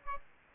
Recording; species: mosquito wingbeat signal from an infrared sensor; Aedes aegypti